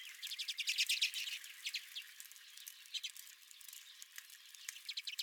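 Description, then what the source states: Redpolls giving fast trilled chatter and buzzy twitters in irregular bursts. Several redpolls at the recordist's own feeder.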